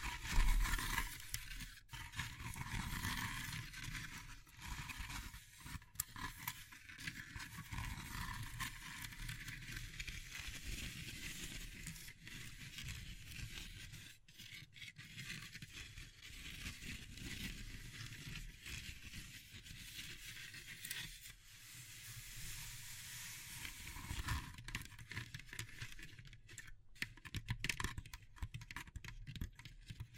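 Wood, bamboo and straw are handled in a steady stream of dry rustling and scratchy crackle that fills the whole half minute. Sharp taps and clicks break through every few seconds, clustering more densely toward the end.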